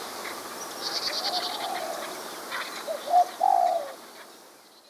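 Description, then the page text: Spotted dove cooing, a short low coo followed by a longer drawn-out coo near the end, over steady hiss with faint high chirps of other birds. "Spotted Dove Song Sound Effect. Quick Sounds"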